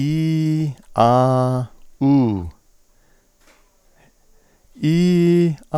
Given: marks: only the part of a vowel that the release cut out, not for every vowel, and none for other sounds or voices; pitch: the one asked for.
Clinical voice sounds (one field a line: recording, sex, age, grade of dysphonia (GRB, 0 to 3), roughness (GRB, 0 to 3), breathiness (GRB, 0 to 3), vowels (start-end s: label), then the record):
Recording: sustained vowels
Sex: male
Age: 60 to 69 years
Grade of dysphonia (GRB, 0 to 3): 1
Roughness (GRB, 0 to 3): 1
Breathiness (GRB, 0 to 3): 1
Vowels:
0.00-0.63 s: vowel /i/, normal pitch
1.03-1.56 s: vowel /a/, normal pitch
4.88-5.47 s: vowel /i/, high pitch
From the record:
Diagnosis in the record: cyst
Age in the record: 64 years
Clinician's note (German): Intraepithelisch